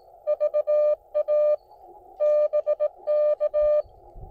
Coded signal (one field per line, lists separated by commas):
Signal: Morse code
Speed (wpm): 21 wpm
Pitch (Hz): 600 Hz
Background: none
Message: VA BK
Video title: Morse Code POTA Activation 9/24/24